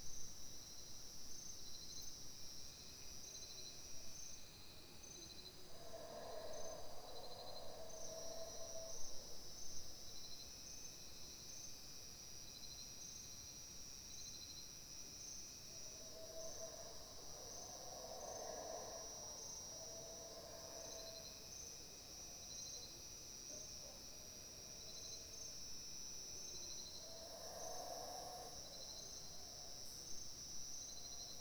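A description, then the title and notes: A dense, steady chorus of insects shrills high over the jungle for the whole stretch, with a fainter buzzing band beneath it. Low, roaring calls swell up around six, sixteen to twenty, and twenty-seven seconds, likely howler monkeys. It was recorded about 5 am. Belize jungle right outside of San Ignacio, and includes a chorus of bugs, howler monkeys and various birds. Belize Jungle, Howler Monkeys, Birds.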